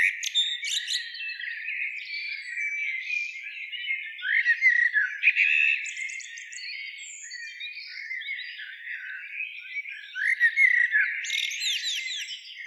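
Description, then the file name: Eurasian blackbird twittering steadily, with squeaky rising notes and sharp high ticks scattered throughout. "Turdus merula"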